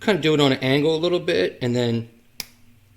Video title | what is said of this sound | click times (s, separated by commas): How To Make Your First Cut With The Yora 3018 Pro | it snaps in and you know it's in when it spins freely and it won't come out that's how you know it's in | 2.4 s